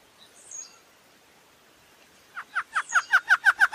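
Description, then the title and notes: Caatinga antshrike giving a series of sharp repeated notes that grow louder toward the end, after a faint high chirp. Male bird. "Thamnophilus capistratus_macho. Áudio do pio do choca-barrada-do-nordeste"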